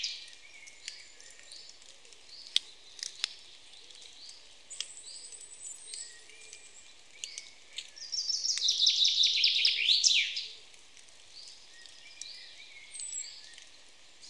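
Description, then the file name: Common chaffinch gives a single bright, rattling trill ending in a flourish, in the second half, with scattered thin calls of other birds around it. "Fringilla coelebs"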